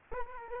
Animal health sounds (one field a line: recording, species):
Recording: mosquito wingbeat signal from an infrared sensor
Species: Aedes aegypti